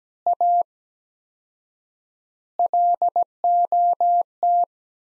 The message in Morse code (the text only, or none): A LOT